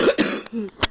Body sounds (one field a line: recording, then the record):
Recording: coughing mixed with background sound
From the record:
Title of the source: 60 coughing still (deep and wet cough)